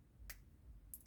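A plastic cap on a Mazinga Z model kit is turned until it lines up, then pushed into its housing. Two sharp snaps are heard at 0.3 s and 0.94 s, followed by fainter ticks near 1.0 s and 1.1 s, and the cap is confirmed seated in place.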